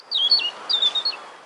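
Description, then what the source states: Robin song: quick high phrases of thin notes that slide downward, over steady background noise. Robin in a report on research showing some city birds change their songs to adapt to urban life, traffic noise being the most common influence.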